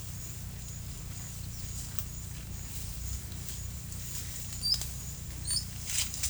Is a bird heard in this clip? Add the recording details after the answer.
no. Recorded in pastures near Puerto Asís, Putumayo, Colombia, on 16 December 2024 at 11:30. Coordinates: 0.472, -76.331. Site GP02